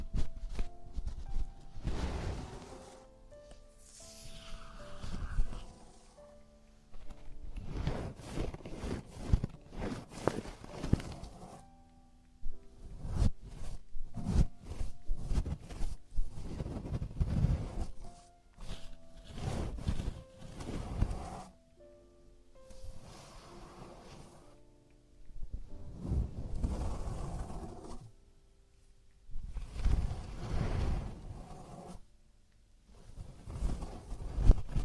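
Traditional Chinese ear cleaning and earwax removal: scratchy scraping and rubbing come in irregular bursts every few seconds, some as quick clusters of sharp strokes, with brief quiet gaps between. Faint steady tones and murmuring sit low in the background throughout.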